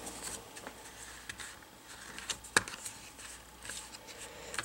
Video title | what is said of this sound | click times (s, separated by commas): Toshiba Satellite C55 C55D Laptop Screen Replacement Procedure | and listen for snapping sounds and in this matter work my way | 2.6 s